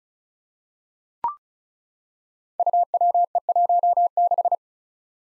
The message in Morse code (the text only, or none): UWE16